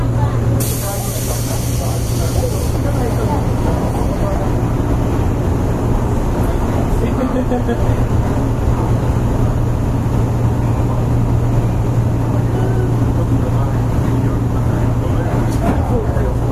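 Inside a Hanwa Line 103-series local train, a steady low motor hum and rumble continue throughout, with faint voices and brief hissing.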